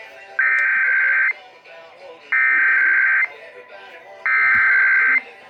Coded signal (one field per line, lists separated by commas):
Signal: Emergency Alert System (SAME) tones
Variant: header bursts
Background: speech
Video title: GOODBYE 2019!!! EAS Alerts from 12/3/19 - 12/19/19 (EAS #3,507 - 3,542)